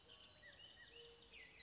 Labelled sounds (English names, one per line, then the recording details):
Bullock's Oriole
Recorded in Sonoma County, California